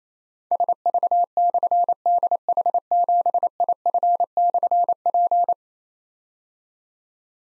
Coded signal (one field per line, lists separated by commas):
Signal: Morse code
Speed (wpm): 29 wpm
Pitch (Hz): 700 Hz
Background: none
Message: SV/DH7IF/P